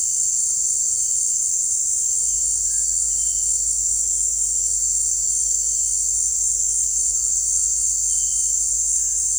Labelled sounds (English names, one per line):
none